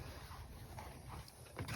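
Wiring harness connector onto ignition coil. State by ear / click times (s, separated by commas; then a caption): not seated / none. During spark plug reassembly on a 2005 Toyota RAV4, a plastic wiring harness electrical connector is handled and lined up to clip onto the ignition coil. Steady low rumbling handling noise runs throughout, growing louder near 1.6 seconds. Nothing has seated or clicked yet.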